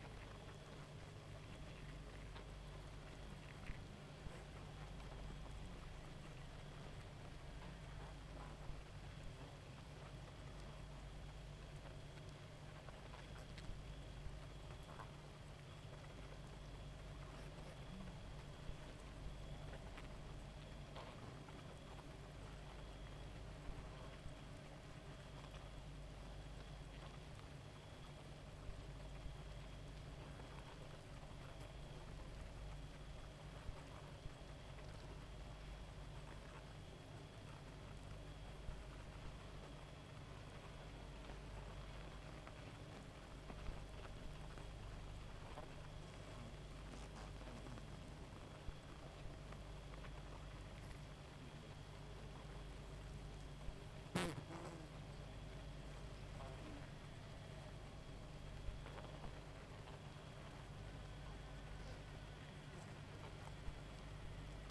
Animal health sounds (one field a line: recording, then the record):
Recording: honeybee colony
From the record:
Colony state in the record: active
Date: 28 July 2017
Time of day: 1:28